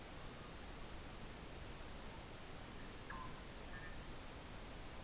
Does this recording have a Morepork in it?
no